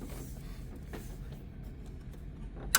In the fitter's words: there you go you hear the click and now it's ready to scan thank you for watching